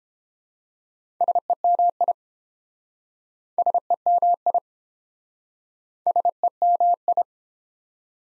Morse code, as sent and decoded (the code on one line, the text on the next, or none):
... . -- .. / ... . -- .. / ... . -- ..
SEMI SEMI SEMI